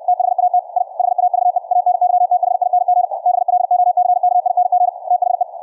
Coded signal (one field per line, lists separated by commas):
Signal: Morse code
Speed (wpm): 64 wpm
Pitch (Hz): 720 Hz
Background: radio noise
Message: THAT I HAVE ANYTHING BLOCKING THE